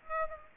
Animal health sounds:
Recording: mosquito wingbeat signal from an infrared sensor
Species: Aedes aegypti

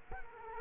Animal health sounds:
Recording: mosquito wingbeat signal from an infrared sensor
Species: Culex quinquefasciatus

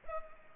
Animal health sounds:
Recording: mosquito wingbeat signal from an infrared sensor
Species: Culex pipiens

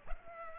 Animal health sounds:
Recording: mosquito wingbeat signal from an infrared sensor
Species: Culex pipiens

